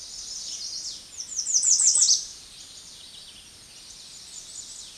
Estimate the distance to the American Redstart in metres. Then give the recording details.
about 10 m. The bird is about 5 m above the microphone. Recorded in a Pennsylvania forest on 16 May 2024 at 06:10. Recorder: AudioMoth, point MSD-2027. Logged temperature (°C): 15.6 °C. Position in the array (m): 107 m, 235 m